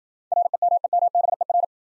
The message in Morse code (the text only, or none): REMEMBER